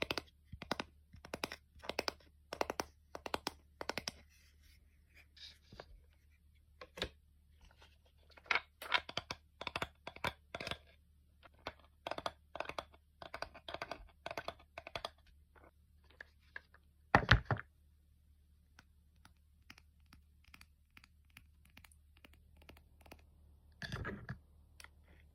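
ASMR tapping: sharp, crisp taps come in quick irregular clusters, busiest in the first fifteen seconds and thinning out later. A heavier, longer knock lands around seventeen seconds and another near twenty-four. A steady low hum runs underneath throughout.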